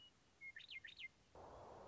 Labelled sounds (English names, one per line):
Western Meadowlark